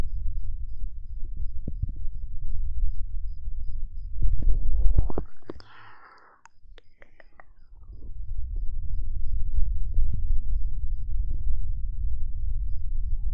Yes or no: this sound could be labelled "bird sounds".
no